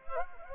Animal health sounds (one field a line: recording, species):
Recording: mosquito wingbeat signal from an infrared sensor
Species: Anopheles gambiae